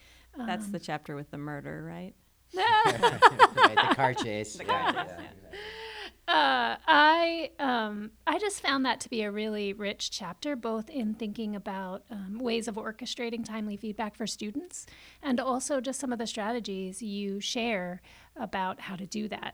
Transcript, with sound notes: That’s the chapter with the murder, right?
[laughter]
Like the car crash.
[laughter]
I just found that to be a really rich chapter both in thinking about ways of orchestrating timely feedback for students and also just some of the strategies you share about how to do that.